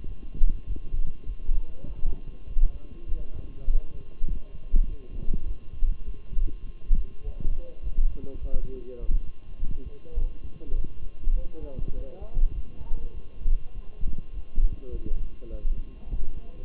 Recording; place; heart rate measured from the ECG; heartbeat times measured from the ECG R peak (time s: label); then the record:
heart sounds by stethoscope; between the tricuspid and mitral areas; 101 bpm
0.06 s: heartbeat
0.66 s: heartbeat
1.25 s: heartbeat
1.85 s: heartbeat
2.46 s: heartbeat
3.07 s: heartbeat
3.66 s: heartbeat
4.26 s: heartbeat
4.86 s: heartbeat
5.45 s: heartbeat
6.04 s: heartbeat
6.63 s: heartbeat
7.23 s: heartbeat
7.82 s: heartbeat
8.40 s: heartbeat
8.99 s: heartbeat
9.58 s: heartbeat
10.16 s: heartbeat
10.74 s: heartbeat
11.34 s: heartbeat
11.93 s: heartbeat
12.53 s: heartbeat
13.13 s: heartbeat
13.72 s: heartbeat
14.32 s: heartbeat
14.91 s: heartbeat
15.49 s: heartbeat
16.08 s: heartbeat
From the record:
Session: walking at 3.7 km/h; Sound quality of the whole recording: good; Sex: male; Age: 23 years